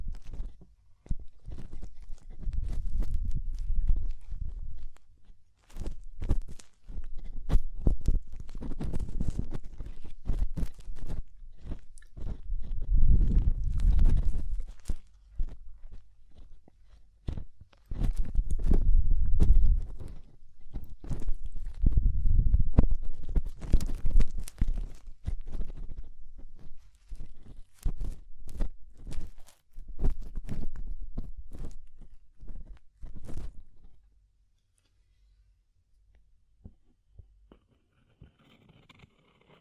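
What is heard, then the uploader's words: ASMR ear cleaning: dense, crackling rubs and scratches with deep, muffled thumps, coming in bursts of a few seconds with short gaps. The handling stays busy and uneven until about 34 seconds, then stops, leaving near silence with a faint high hiss. ASMR DEEP Ear Penetrating Cleaning (No Talking).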